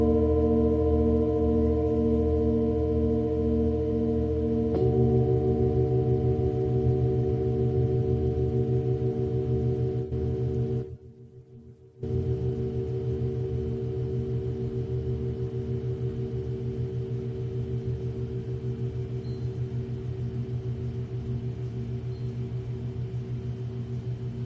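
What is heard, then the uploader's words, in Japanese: Singing bowls ring in a steady, layered drone of low and middle tones that overlap and beat slowly against each other. Near five seconds a fresh strike adds brighter tones, and around eleven seconds the sound briefly drops away before resuming. メキシコから シンギングボウルのサウンドヒーリング。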